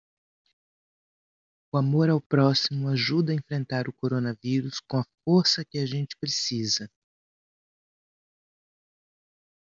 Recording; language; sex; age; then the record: spoken sentence; Brazilian Portuguese; female; 50 to 59 years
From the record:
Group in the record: control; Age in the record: 52 years